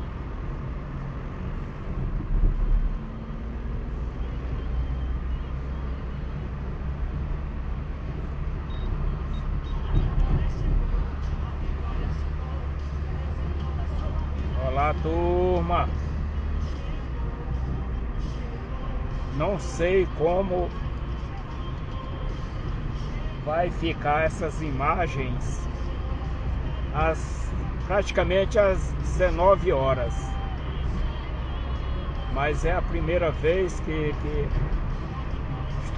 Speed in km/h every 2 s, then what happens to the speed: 31, 34, 37, 39, 40, 41, 41, 42, 44, 45, 44, 44, 45, 45, 48, 48, 49, 50.
0-36 speeds up to 50.